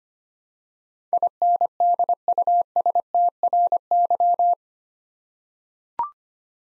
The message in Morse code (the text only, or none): INDUSTRY